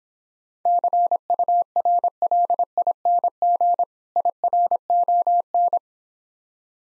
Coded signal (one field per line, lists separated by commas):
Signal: Morse code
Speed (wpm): 26 wpm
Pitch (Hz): 700 Hz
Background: none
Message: CURLING IRON